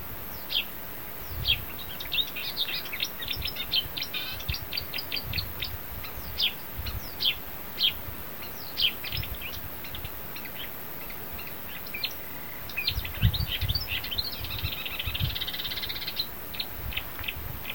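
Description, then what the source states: Marsh warbler song: a fast, continuous medley of varied chirps, clicks and brief trills, with a rasping buzzy phrase near the end, over low rumbling background noise. Recorded in Poland.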